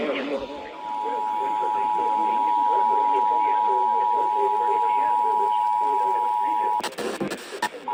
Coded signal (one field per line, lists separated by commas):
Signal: Emergency Alert System (SAME) tones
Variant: 853 and 960 Hz attention tone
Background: speech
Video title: EAS #2340-2349 Severe Thunderstorm Warning